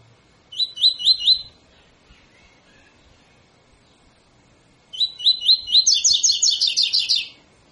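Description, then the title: Double-collared seedeater song: a short run of four rising whistled notes, then after a pause a longer phrase of slurred notes speeding into a rapid, higher trill. Tutor song used for training birds; song style called tui tui fibra. "COLEIRO TUI TUI FIBRA CANTO PROFESSOR"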